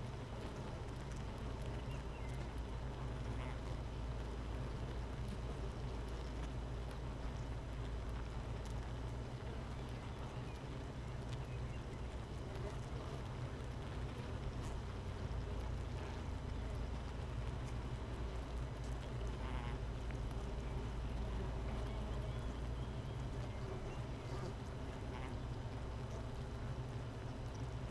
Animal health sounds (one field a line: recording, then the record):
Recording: honeybee colony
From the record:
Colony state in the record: missing queen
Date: 31 May 2018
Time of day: 13:46